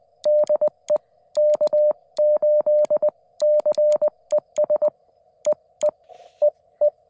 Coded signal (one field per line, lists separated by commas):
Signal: Morse code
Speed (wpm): 20 wpm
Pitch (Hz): 600 Hz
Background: none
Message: DE K8CES EE EE